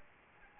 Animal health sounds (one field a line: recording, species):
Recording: mosquito wingbeat signal from an infrared sensor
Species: Anopheles gambiae